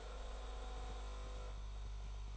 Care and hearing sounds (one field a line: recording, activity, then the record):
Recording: daily activity, microphone in the room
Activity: make coffee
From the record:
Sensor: 5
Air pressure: 1002.1 hPa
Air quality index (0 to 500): 220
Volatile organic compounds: 26 ppm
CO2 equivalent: 2854 ppm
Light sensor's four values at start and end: 10/24/10/11 and 10/24/10/11